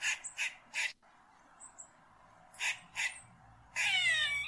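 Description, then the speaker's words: Squirrel alarm call: sharp, harsh chucks in a quick three, a pause, two more, then a longer raspy, wavering scold. Distinctive alarm call, the squirrel telling you to go away. "And squirrels have a very distinctive alarm call, and if you live around squirrels, this is going to sound really familiar."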